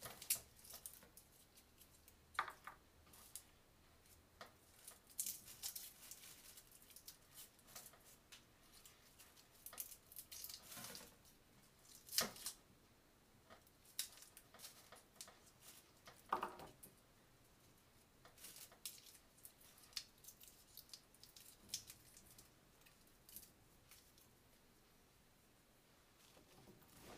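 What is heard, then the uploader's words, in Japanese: Kitchen sounds from making tomato sauce pasta: brief, irregular clicks, snips and light clatters of utensils and dishes arrive every second or so over a quiet, steady hiss. Sharper knocks stand out around 2, 12 and 16 seconds. 環境音 トマトソースパスタの一部始終。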